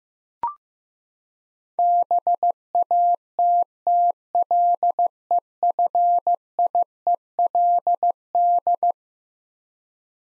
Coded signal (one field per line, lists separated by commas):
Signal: Morse code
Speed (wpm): 15 wpm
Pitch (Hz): 700 Hz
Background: none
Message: BATTLEFIELD